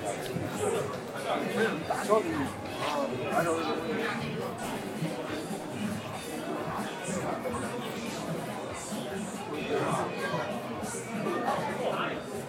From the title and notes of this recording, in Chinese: 晚上八点的Apple店｜城市声音。